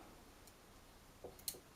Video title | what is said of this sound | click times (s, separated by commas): Unboxing Zhiyun Crane-M3 Gimbal and Balancing Canon M50 - where to go fishing | you pull that backwards that clicks now it's ready | 1.5 s